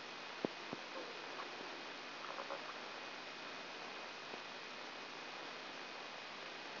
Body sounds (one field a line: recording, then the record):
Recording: brain microelectrode recording played as sound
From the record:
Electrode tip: outside the subthalamic nucleus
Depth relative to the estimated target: 3.5 mm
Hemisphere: right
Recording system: AlphaMap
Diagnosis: Parkinson's disease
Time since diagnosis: 9 years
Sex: male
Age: 53 years